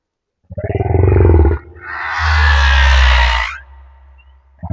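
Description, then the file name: Humpback whale song: a deep pulsed moan with a throbbing rhythm, followed by a long, broad, roaring rasp that fades into quiet. Madagascar. "Humpback Whale - Madagascar Whale One"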